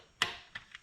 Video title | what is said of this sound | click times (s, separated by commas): Vintage Kawasaki H1 H2 Z1: Front Brake Pad Replacement Easy DIY | evenly again just until it clicks that's it even though it doesn't feel like it's tight enough it's plain tight enough | 0.2 s